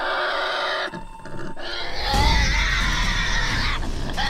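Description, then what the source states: Tasmanian devil warning call, a harsh raspy sound, a brief dip, then a louder harsh screech holding to near the end. Loud, intimidating warning sound made while the animal is being handled; it does not indicate injury.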